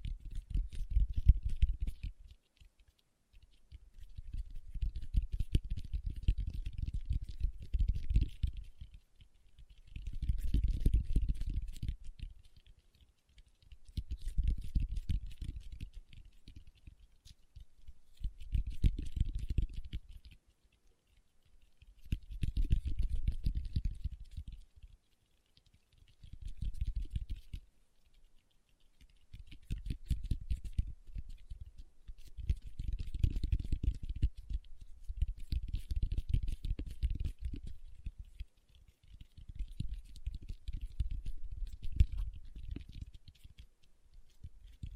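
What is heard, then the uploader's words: Fingertips tap in dense, rapid bursts of soft, low patter, each lasting a few seconds, separated by brief pauses throughout. ASMR Tapping with Fingertips (No Talking).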